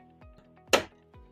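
A plastic push pin that was not fully in is pushed home into a new Angry Gladiator grille with amber LEDs on a Jeep Wrangler. Several soft low thumps sound around 0.2, 0.6 and 1.1 seconds over a faint steady hum, and a sharp, loud, bright snap at 0.7 seconds marks the pin seating fully.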